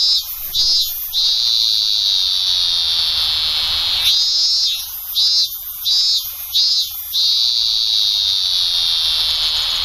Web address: sikioto insect minminzemi